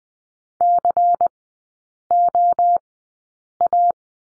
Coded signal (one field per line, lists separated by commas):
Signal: Morse code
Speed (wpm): 20 wpm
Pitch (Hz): 700 Hz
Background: none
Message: COA